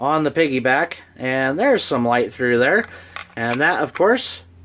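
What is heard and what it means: Someone talks while a small companion knife is handled at its thermoformed Kydex piggyback sheath on an SCHF52 dangler rig, with only faint handling noise under the voice. The knife is about to be pushed in to snap into retention, but nothing has seated or clicked yet.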